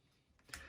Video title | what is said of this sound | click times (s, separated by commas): UGears Aviator Mechanical 3D Wooden Model Kit UTG0047 Assembly Video | uh until you you hear it click locking mechanism | 0.5 s